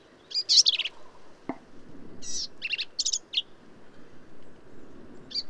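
Black-capped vireo giving quick, choppy high phrases of buzzy and chirping notes, with a single sharp click partway through.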